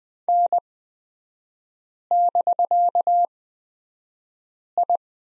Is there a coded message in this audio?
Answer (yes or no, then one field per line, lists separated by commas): yes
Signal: Morse code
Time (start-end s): 0.3-5.0 s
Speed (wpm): 20 wpm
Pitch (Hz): 700 Hz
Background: none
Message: N<BK>I